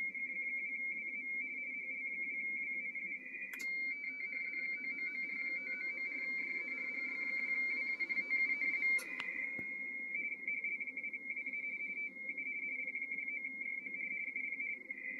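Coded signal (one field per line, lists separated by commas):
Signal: RTTY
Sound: rapid warbling between two close high tones, continuous over low hum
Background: radio static, low hum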